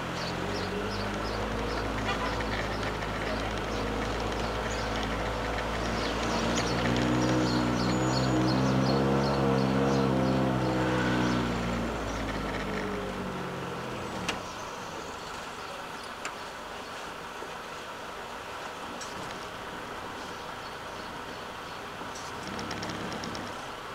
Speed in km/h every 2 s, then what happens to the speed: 15, 15, 15, 17, 18, 15, 11, 3, 1, 0, 0, 0.
0-8 steady at about 15. 8-15 slows to 1. 15-24 standing.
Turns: none.